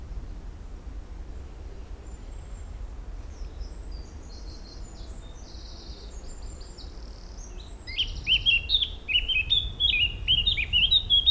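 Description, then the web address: Eurasian blackcap song: soft high twittering at first, then a loud, lively burst of fluty warbled notes in the final seconds, with low background hum. "pub SETE data Sylvia atricapilla"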